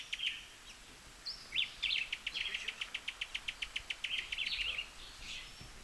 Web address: sound Cuban-tody. صدای-پرنده-تودی-کوبایی